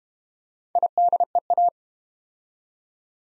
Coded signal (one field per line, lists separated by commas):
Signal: Morse code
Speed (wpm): 32 wpm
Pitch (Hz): 700 Hz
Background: none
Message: IDEA